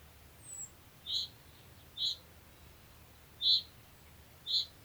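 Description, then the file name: Common chaffinch uttering sharp, high single notes, five in a few seconds, the first faint, spaced unevenly against light background hiss. "Fringilla coelebs"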